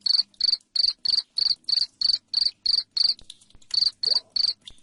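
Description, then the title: Cricket chirping loudly and steadily, sharp high pulses repeating about three times a second with one brief gap. Loud cricket chirping played to make lovebirds sing continuously. "Suara JANGKRIK NGERIK Keras Bikin LOVEBIRD Jadi NGEKEK Terus Vubey"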